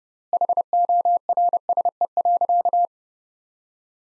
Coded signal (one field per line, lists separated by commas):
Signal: Morse code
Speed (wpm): 30 wpm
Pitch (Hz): 700 Hz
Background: none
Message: HORSE.